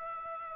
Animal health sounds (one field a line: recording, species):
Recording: mosquito wingbeat signal from an infrared sensor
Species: Aedes aegypti